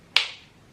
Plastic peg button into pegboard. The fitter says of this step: I encouraged him to place them anywhere he wanted and what I loved about these is that when you push them in there's a click